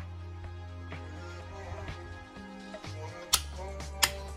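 A 1/2 inch drive digital torque wrench tightens a fastener until it reaches its set torque, over a steady low tonal hum. The wrench gives sharp clicks at 3.3 s and 4.0 s as it releases at the setting, confirming it clicks at its set torque.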